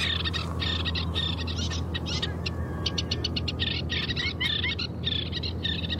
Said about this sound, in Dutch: De sterntjes op de waterweg krijsten honend.